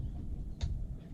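A click-type torque wrench is pulled once more on an engine bolt and gives a single sharp click at 0.6 s, over a steady low rumble. The wrench clicks at its 20 Nm setting, confirming the bolt has reached torque.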